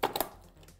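A DDR4 memory module is pressed down into a motherboard DIMM slot until its plastic retention latches snap closed, seating it all the way in. A sharp click is heard at 0.0 s, followed by two quicker clicks around 0.2 s, and then only faint low background noise remains.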